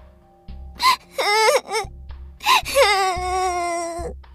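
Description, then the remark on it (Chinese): A young girl cries in high, wavering wails, several sobbing bursts with catching breaths between, ending in a long drawn-out moan over a low background hum. “哪知背后却传来了一个小女孩的哭声。”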